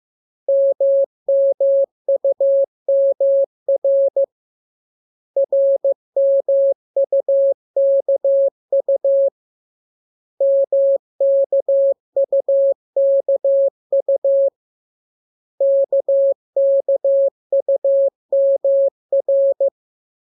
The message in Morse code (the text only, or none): MMUMR RMUKU MKUKU KKUMR